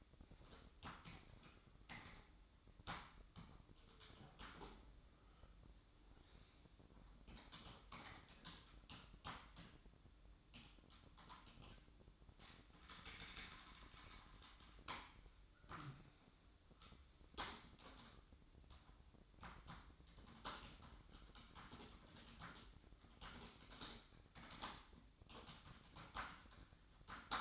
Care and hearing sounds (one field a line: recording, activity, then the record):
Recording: daily activity, microphone in the room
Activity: typing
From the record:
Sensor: 3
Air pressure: 1007.6 hPa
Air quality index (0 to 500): 60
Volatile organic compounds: 1 ppm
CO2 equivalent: 611 ppm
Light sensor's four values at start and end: 10/23/10/10 and 10/23/9/9